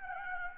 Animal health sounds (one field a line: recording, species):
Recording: mosquito wingbeat signal from an infrared sensor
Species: Aedes albopictus